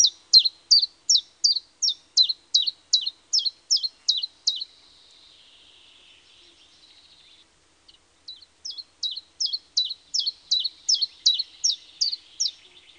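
Common chiffchaff song: a steady run of a dozen or so sharp, high notes, a pause of a few seconds, then a second similar run.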